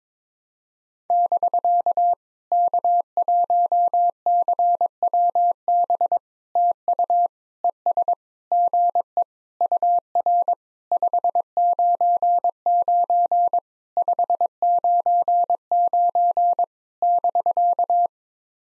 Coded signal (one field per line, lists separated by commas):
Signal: Morse code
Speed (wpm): 22 wpm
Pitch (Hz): 700 Hz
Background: none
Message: <BK> K1CWB TU ES GE UR 599 599 <BK>